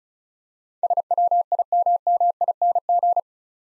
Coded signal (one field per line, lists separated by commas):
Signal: Morse code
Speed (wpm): 34 wpm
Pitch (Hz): 700 Hz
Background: none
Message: SWIMMING